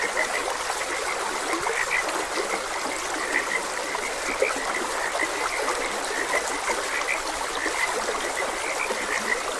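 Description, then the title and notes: Frogs croaking in a dense, steady chorus of short high pulses, many overlapping callers throughout, over the constant rushing hiss of a flowing stream. Frogs croaking beside a gentle stream. "Frogs Croaking. Sleep and Relaxation Podcast"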